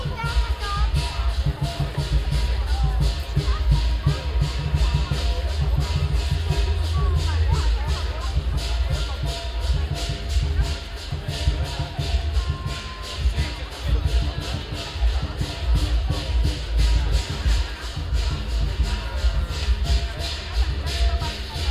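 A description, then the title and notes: A dragon dance for Chinese New Year, heard as a dense, continuous din with no breaks across the whole stretch. Rapid regular beats, like drums and clashing cymbals, run throughout over a heavy low rumble, with crowd voices mixed in. Dragon dance - Chinese New Year Wagenstraat, Den Haag.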